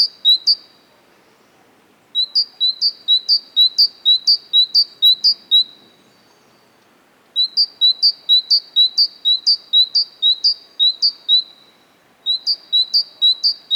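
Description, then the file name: Great tit singing a clear two-note phrase of alternating high and slightly lower notes, repeated rapidly in four bursts separated by short pauses. "Parus major"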